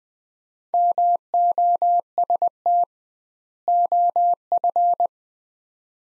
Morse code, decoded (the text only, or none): MOST OF